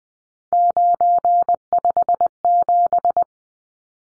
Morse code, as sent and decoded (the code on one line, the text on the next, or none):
----. ..... --...
957